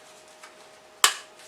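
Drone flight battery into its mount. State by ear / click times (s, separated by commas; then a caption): seated / 1.0 s. A large, 1.326 kg flight battery for a PowerVision PowerEye drone is clipped into its mount. After a faint tick at 0.4 s over a quiet background with a thin steady tone, a sharp, loud snap rings out at 1.0 s and fades quickly. The battery is seated firmly in place.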